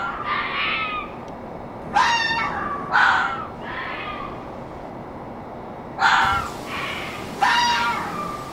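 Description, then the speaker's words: Red fox screams, harsh shrill wailing cries in a loose series, some short and piercing, others drawn out, with steady background hiss. Glapissement, the breeding-season cry (December to February), heard at night; sounds between a baby crying and shrill screams; male and female calling and answering each other. "venez d'écouter le glapissement du renard, donc le cri qu'il émet lors de la reproduction, donc comme je le disais, qui se déroule entre le mois de décembre et le mois de février."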